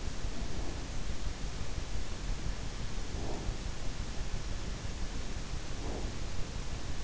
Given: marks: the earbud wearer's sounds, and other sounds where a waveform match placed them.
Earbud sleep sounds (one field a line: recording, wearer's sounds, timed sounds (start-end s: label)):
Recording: sounds in sleep by an in-ear microphone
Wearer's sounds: breath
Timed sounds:
0.26-0.84 s: breath
2.98-3.56 s: breath
5.63-6.15 s: breath